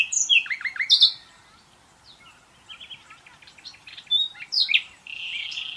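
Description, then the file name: Common nightingale song with sharp downslurred notes and a bright trill, a softer stretch of quiet notes, then loud whistles and a buzzy rattle at the end. "Luscinia megarhynchos"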